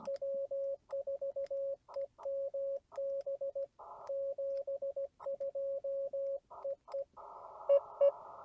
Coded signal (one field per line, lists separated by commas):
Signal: Morse code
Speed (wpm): 16 wpm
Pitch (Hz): 550 Hz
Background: radio noise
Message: W4EMB 72 EE EE